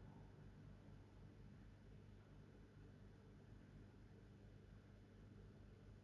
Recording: background sound without coughing